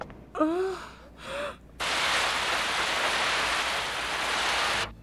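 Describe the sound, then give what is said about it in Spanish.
In the anime Sailor Moon, two short breathy vocal sounds with sliding pitch come first, then a steady, loud hiss of rain falling starts abruptly and pours on evenly before cutting off. “Ni tus sueños ni el romanticismo podrán ganarle a la lluvia, ¿o sí?”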